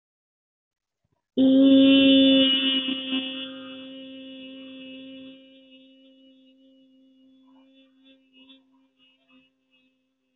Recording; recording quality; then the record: sustained vowel as in beet; excellent, no background noise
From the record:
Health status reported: healthy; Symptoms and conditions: none ticked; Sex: female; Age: 21 years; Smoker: not ticked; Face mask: not worn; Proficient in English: yes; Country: India